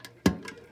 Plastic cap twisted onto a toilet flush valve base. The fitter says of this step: kind of see it has a spot where this thing settles in, and it just clicked a little bit. Can you hear that? Yeah.